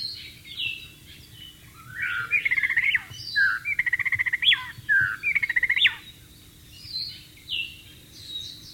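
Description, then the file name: White-rumped shama song: whistled notes mixed with rapid rattling trills, repeated in several bursts, followed by quieter high whistles; faint steady hum beneath. "suara burung murai batu di alam liar"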